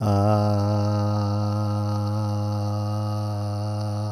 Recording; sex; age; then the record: sustained vowel /a/; male; 50 to 59 years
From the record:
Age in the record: 53 years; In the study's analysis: included